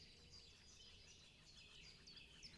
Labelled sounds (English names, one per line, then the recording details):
Great Spotted Woodpecker
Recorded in Germany
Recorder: ecoPi